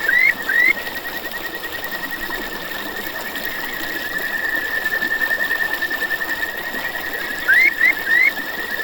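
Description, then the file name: Kajika frog call: a steady thin trill held throughout, punctuated by sharp rising chirps at the start and near the end. "buergeri"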